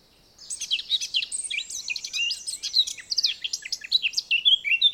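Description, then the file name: Eurasian blackcap song starting after a brief silence, an unbroken, tumbling warble of bright chirps and sweeping whistles that stays busy to the end. "Sylvia atricapilla"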